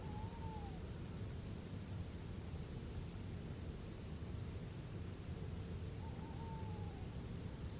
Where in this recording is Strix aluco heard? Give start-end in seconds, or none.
0.01-0.83, 6.01-7.09